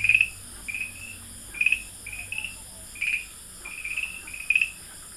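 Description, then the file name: Farmland green tree frogs call with clear chirping notes in clusters, each group followed by a short silence. Recorded at Dalin, 30 May 2009. "090530 dalin farmland treefrog"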